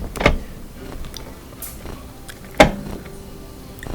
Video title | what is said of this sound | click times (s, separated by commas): Bosch Dishwasher Heating Problem? E09 Error Ends Now | you'll feel it click into place and then i can push this gray power connector back in | 2.6 s